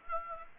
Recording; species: mosquito wingbeat signal from an infrared sensor; Aedes aegypti